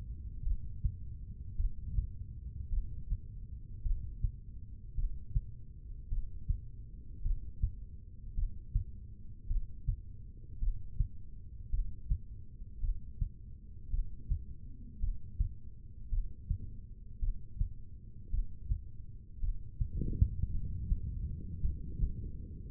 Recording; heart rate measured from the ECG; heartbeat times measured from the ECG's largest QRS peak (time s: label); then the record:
heart sounds by stethoscope; 54 bpm
0.43 s: heartbeat
1.56 s: heartbeat
2.69 s: heartbeat
3.82 s: heartbeat
4.94 s: heartbeat
6.08 s: heartbeat
7.21 s: heartbeat
8.34 s: heartbeat
9.46 s: heartbeat
10.58 s: heartbeat
11.69 s: heartbeat
12.80 s: heartbeat
13.89 s: heartbeat
14.99 s: heartbeat
16.08 s: heartbeat
17.19 s: heartbeat
18.29 s: heartbeat
19.39 s: heartbeat
20.50 s: heartbeat
21.60 s: heartbeat
22.69 s: heartbeat
From the record:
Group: heart failure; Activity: breath hold 0-19 s, rest 19-23 s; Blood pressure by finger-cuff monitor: 83/62 mmHg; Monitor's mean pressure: 70 mmHg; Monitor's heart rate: 54 bpm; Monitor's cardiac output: 2.6 L/min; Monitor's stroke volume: 48 mL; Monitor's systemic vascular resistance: 1950 dyn s/cm5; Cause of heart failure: non-ischemic cardiomyopathy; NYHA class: 1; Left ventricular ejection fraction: 52%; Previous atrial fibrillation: present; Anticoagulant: apixaban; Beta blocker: bisoprolol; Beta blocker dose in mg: 10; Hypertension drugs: sacubitril-valsartan, spironolactone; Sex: female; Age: 68 years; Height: 169 cm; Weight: 71 kg